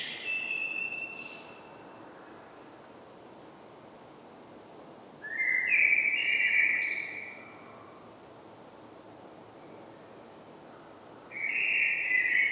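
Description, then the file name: Common blackbird song: three separate phrases several seconds apart, each a mellow fluted warble, the first two ending in higher squeaky notes. "Turdus merula"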